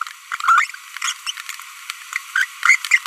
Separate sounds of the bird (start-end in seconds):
0.40-0.70, 1.02-1.12, 1.27-1.31, 2.36-2.45, 2.63-2.75, 2.91-2.98